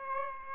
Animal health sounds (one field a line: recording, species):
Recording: mosquito wingbeat signal from an infrared sensor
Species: Aedes aegypti